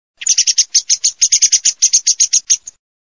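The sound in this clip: A bird giving a rapid harsh chatter, about twenty scratchy high notes in quick succession for two and a half seconds, then silence.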